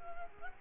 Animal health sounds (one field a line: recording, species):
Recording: mosquito wingbeat signal from an infrared sensor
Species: Culex quinquefasciatus